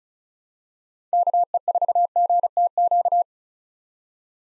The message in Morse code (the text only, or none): KE4GTQ